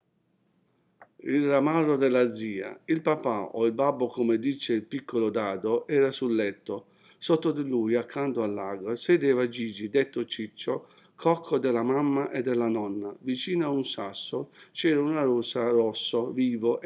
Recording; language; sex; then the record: read passage; Italian; male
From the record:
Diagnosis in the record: healthy control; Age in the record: 60 years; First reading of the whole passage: 60 s, 8.3 characters per second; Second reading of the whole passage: 54 s, 9.4 characters per second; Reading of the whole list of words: 38 s, 7.2 characters per second